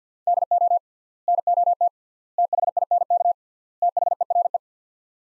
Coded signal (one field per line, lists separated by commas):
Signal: Morse code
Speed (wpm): 50 wpm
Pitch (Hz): 700 Hz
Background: none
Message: DO NOT THINK THERE